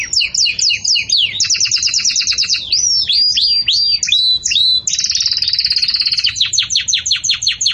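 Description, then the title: Belgian canary song, richly varied: rolling trills, swooping downslurred notes and sliding whistles follow one another without pause. Belgian canary singing in the 'campainha' (bell) style, offered as a song model for tutoring young chicks. "Belíssimo Canto Do Canário Belga Campainha Para Encarte De Filhotes"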